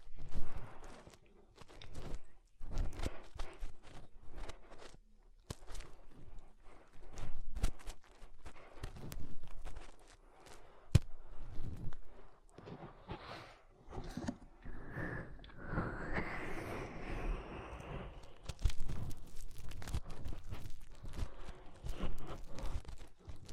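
Fingers rub and scratch inside an ear, making a dense run of crackling taps and scrapes that go on without pause. Levels rise and fall in uneven bursts, and around the middle a brighter squeaky rubbing sound swells for a few seconds before fading.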